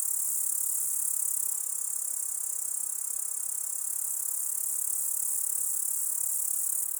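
Grasshopper chirring, a constant shrill hiss with fine fast pulses, keeping an even level through the whole stretch.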